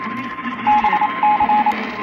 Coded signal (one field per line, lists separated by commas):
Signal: Morse code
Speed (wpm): 28 wpm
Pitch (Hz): 840 Hz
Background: radio noise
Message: BC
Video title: alerts I captured while my computer was in the ER - 6/3/24 - 6/18/24 (EAS #1107 - 1114)